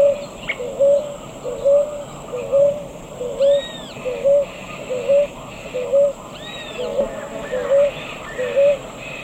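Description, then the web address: Ruddy ground-dove cooing: a steady series of brief low notes repeated about once a second, with occasional higher chirping from other birds and a constant high insect tone. Eastern lowlands of South America. "Natures Songs S America Eastern Lowlands. Ruddy Ground-Dove"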